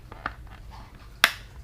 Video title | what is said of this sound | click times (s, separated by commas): Best RC Boats Your Money Can Buy - #askhearns | go ahead here you can hear the clicking noises | 0.3 s, 1.2 s